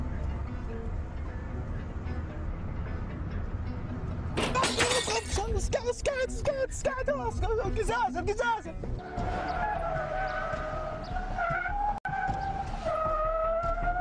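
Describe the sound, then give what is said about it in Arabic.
Car tires squeal and skid in wavering, high-pitched bursts as a car drifts, with a sharp crash of a car mirror's glass shattering, then a steady engine drone over a constant low rumble. “جاي مشرع مسوي شطيف واخلتك تكسر مراية.”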